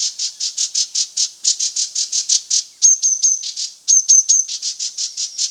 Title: Green-backed Tit (Parus monticolus)